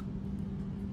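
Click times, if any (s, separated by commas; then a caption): none. A plastic 270-style double-lock quick-connect coupling is handled at a fluid tube end while a steady low hum centred around 200 Hz runs throughout. Nothing has seated or clicked yet; the clip ends before the connector snaps home.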